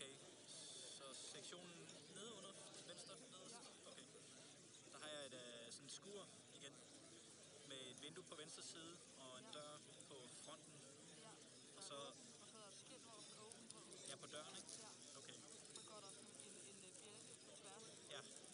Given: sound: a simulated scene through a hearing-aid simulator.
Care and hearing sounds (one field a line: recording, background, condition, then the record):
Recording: conversation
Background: cafeteria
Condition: 0 dB SNR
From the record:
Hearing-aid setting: II (fast-acting compression, audibility-based gain, advanced features for about 2.5 dB of SNR improvement)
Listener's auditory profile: D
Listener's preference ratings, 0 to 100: 73, 61, 83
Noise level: 65 dB SPL